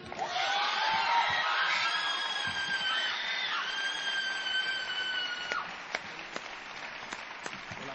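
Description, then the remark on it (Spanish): Sustained audience applause at a live music performance, a dense steady wash of clapping with some whistles and cheers rising above it, thinning into scattered individual claps toward the end. “Pediría un fuerte aplauso, aunque no hace falta que lo pida, porque ustedes son gente generosa,”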